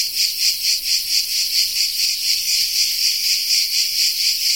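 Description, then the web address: Cicada producing a loud, high buzzing song in quick rhythmic throbs, continuous from start to finish. Cicada of the genus Tettigia recorded in the Peloponnese in the morning. "Peloponnes akustik. Tettigia Cicada"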